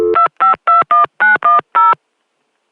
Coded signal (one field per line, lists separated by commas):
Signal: DTMF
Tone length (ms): 140 ms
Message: 2521910